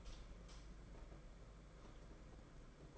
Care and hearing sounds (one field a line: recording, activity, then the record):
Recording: daily activity, microphone in the room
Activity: light on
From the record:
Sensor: 5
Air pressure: 992.1 hPa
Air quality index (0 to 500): 200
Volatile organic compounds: 1000 ppm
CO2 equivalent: 5773 ppm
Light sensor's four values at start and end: 8/18/7/8 and 8/19/7/8